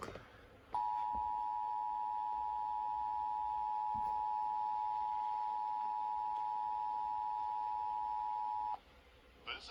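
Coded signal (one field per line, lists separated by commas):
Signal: Emergency Alert System (SAME) tones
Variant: 853 and 960 Hz attention tone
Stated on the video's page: Required Monthly Test received in Fredericksburg.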